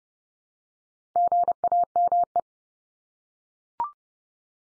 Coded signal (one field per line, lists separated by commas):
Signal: Morse code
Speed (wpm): 30 wpm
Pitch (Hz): 700 Hz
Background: none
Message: GAME